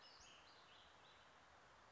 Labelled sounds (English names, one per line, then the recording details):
Western Flycatcher
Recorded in Sonoma County, California